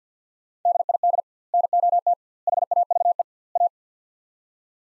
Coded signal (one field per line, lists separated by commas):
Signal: Morse code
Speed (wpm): 50 wpm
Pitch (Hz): 700 Hz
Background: none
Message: DID NOT HAVE A